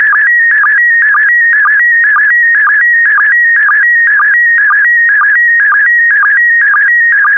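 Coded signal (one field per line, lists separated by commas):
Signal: SSTV (slow-scan television)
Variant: PD120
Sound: warbling tone shifting between pitches with a regular short low blip about twice a second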